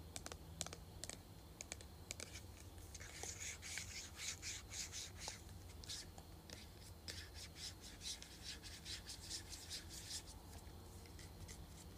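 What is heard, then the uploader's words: A perfume bottle is tapped and scratched in a quick, uneven run of small clicks and raspy strokes. The sounds thicken into dense, bright scraping from about three to eleven seconds. A low steady hum runs underneath throughout. ASMR Tapping, Scratching, and Shaking Perfume Bottle.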